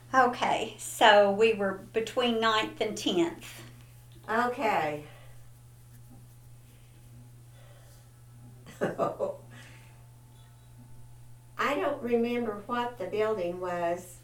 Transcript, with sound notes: Okay, so we were between Ninth and Tenth.
Okay. (Laughter) I don't remember what the building was.